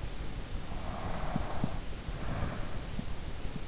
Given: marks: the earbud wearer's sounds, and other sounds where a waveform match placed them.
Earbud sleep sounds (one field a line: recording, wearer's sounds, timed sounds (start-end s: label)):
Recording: sounds in sleep by an in-ear microphone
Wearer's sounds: breath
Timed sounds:
0.61-3.26 s: breath